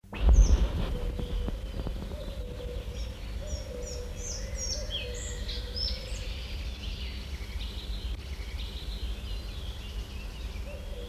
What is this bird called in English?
Collared Flycatcher